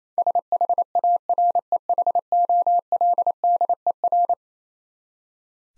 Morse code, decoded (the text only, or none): SHAREHOLDER